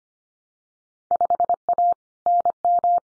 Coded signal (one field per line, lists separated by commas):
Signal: Morse code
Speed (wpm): 25 wpm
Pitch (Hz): 700 Hz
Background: none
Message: 5A NM